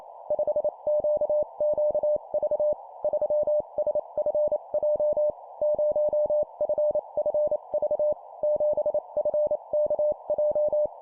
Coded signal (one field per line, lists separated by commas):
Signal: Morse code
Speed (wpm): 28 wpm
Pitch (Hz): 600 Hz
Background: none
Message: 5QQV 3SFJ 0FFV 7FKJ